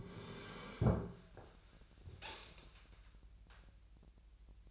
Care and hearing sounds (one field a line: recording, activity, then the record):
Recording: daily activity, microphone in the room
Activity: sit down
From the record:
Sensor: 2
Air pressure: 1001.8 hPa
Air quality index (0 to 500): 240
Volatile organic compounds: 73 ppm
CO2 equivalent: 3549 ppm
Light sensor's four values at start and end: 7/17/7/8 and 9/22/9/10